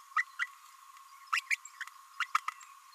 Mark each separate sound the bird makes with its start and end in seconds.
0.16-0.24, 0.39-0.47, 1.32-1.40, 1.50-1.56, 1.80-1.84, 2.19-2.26, 2.35-2.38